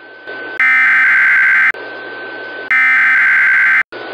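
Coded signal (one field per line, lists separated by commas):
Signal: Emergency Alert System (SAME) tones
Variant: header bursts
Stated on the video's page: EAS SAME tones of a Required Weekly Test from San Antonio.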